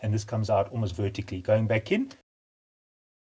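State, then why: Not seated. A plastic drain pump cover is being handled and refitted into a Miele dishwasher sump while someone talks for about 2.2 seconds, followed by silence. Nothing has seated or clicked yet.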